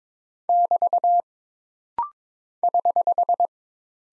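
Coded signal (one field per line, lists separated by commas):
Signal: Morse code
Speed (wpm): 22 wpm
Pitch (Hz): 700 Hz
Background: none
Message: <BT> <HH>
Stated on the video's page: Rapid-fire Morse code practice of single punctuation marks and prosigns at 22 wpm, each character sent, then spoken, then sent again, for instant character recognition.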